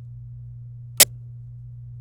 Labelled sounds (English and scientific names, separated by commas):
Domestic Canary (Serinus canaria) song